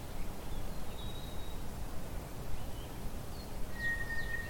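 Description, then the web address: White's thrush, one long, flat whistle that is cut off at the end. Faint, brief higher notes from other birds come before it, with low steady rumble. "drozd"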